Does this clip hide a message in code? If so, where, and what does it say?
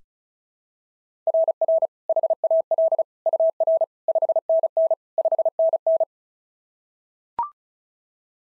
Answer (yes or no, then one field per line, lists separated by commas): yes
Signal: Morse code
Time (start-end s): 1.3-6.0 s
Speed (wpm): 31 wpm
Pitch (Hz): 650 Hz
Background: none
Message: RR HAL UR 5NN 5NN